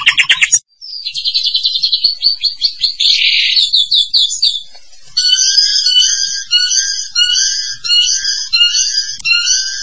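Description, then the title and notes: Starling song: sharp chirps open, then a rapid buzzy trill, followed by a string of repeated harmonic whistled phrases. "suara burung jalak"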